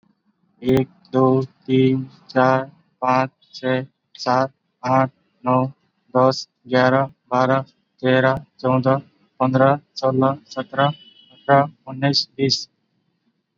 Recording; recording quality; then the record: counting at a normal pace; excellent, no background noise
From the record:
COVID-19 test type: RT-PCR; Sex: male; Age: 22 years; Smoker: no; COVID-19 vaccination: both doses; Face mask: worn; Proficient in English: yes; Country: India